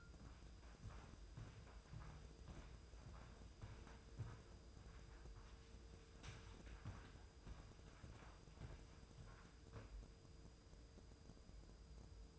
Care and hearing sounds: daily activity, microphone in the room; walk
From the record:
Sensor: 2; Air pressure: 995.8 hPa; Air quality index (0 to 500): 246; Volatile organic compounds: 1000 ppm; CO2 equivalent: 6085 ppm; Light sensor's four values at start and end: 33/79/35/39 and 33/78/34/38

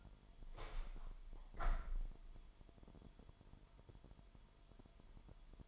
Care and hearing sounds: daily activity, microphone in the room; open window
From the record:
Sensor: 5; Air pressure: 998.2 hPa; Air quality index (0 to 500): 89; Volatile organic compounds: 2 ppm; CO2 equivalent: 1017 ppm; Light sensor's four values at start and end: 20/49/20/22 and 21/49/20/22

